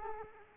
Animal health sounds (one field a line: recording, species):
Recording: mosquito wingbeat signal from an infrared sensor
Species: Culex quinquefasciatus